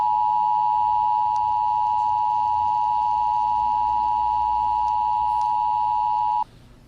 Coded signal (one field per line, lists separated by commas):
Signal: Emergency Alert System (SAME) tones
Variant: 853 and 960 Hz attention tone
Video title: Creature From The Krusty Krab EAS Scenario